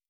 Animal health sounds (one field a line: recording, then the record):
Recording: hydrophone in a shrimp aquaculture tank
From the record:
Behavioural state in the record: starved